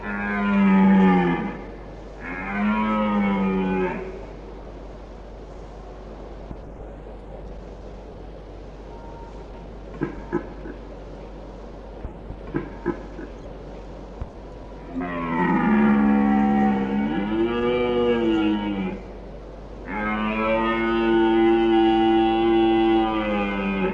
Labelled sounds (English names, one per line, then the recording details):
Red Deer courtship call
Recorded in the wild
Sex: male
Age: adult
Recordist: Meyer, Hugo
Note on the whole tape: Hirschbrunft, am Anfang etwas Erdsingen, dann besser. Einzelne Hirsche, Brunft-Platz, Sprengruf. Ort und Datum unbekannt